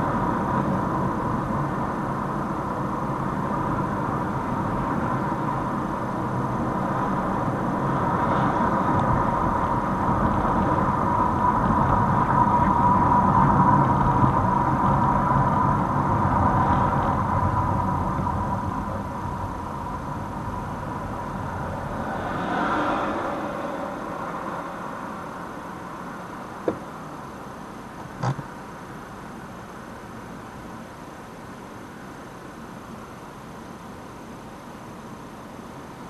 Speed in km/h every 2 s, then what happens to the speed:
49, 47, 47, 51, 53, 49, 45, 35, 23, 17, 14, 2, 0, 0, 0, 0, 0, 1.
4-9 speeds up to 53. 9-22 brakes to 2. 22-36 standing.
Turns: none.